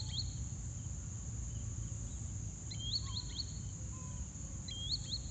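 Green Sandpiper calling: a single sharp, rising whistled note, then two short runs of such notes, with faint lower notes between and constant low background rumble.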